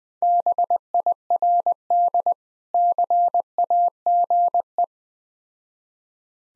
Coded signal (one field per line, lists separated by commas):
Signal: Morse code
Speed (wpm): 20 wpm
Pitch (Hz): 700 Hz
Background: none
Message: BIRD CAGE